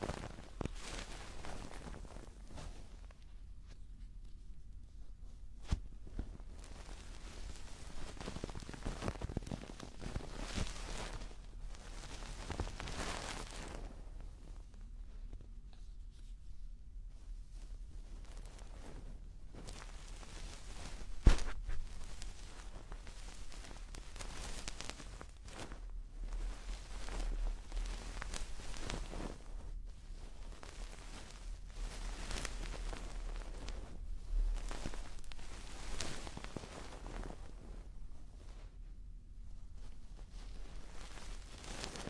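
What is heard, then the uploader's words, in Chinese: Ear cleaning with soft, scratchy rustling strokes that come in bursts every few seconds over a low steady hum, with a sharp tap near 21 seconds. 掏耳朵。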